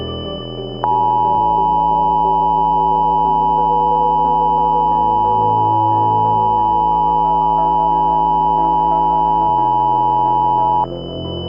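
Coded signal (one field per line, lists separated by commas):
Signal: Emergency Alert System (SAME) tones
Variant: 853 and 960 Hz attention tone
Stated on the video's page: Fictional cyberattack EAS scenario in analog-horror style, using valid EAS tones.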